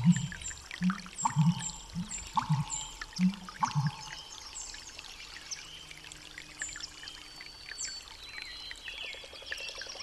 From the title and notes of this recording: After a long winter in northern Minnesota, everything seems to awaken at once. From the songs of migratory birds to the croaks of frogs and toads, we can witness a wonderful rejuvenation.